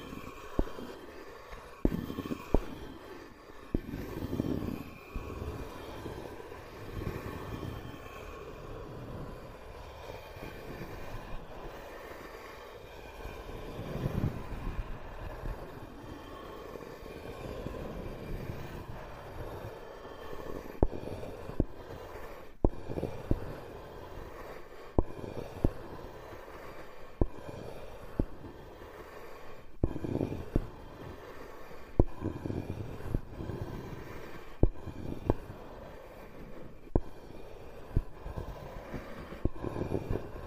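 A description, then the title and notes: Wood scraping in a rough, continuous low grinding rumble, punctuated by sharp knocks that recur every couple of seconds, especially in the second half. This episode is Wood Scraping.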